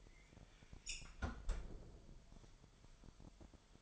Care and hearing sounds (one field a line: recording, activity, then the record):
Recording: daily activity, microphone in the room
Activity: close fridge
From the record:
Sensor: 5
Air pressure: 1002.0 hPa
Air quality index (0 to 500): 222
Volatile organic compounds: 27 ppm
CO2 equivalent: 2886 ppm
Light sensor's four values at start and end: 10/24/10/11 and 9/22/9/10